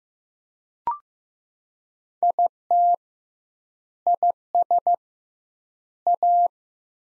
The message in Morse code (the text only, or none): IT IS A